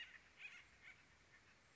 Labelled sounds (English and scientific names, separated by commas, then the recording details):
Acorn Woodpecker (Melanerpes formicivorus)
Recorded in Sonoma County, California